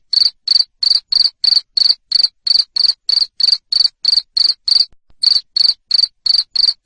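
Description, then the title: Cricket chirping loudly, sharp high pulses repeated rapidly in a steady run, with one brief pause near five seconds. Loud cricket chirping played to stimulate lovebirds to keep singing. "Suara JANGKRIK NGERIK Keras Bikin LOVEBIRD Jadi NGEKEK Terus"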